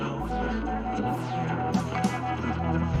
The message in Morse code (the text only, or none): ROCKS